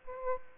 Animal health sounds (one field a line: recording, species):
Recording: mosquito wingbeat signal from an infrared sensor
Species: Aedes aegypti